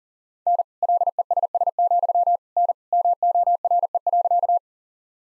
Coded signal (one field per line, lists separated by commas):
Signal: Morse code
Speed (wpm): 40 wpm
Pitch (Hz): 700 Hz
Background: none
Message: N LESS, N MORE.